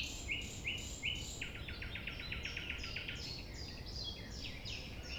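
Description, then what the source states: Common nightingale song: three clear notes, then a rapid string of sharp repeated notes, followed by more varied notes. Nightingale singing at 6 a.m. sunrise near the Thève river at Champ de Ménage, not waiting for silence.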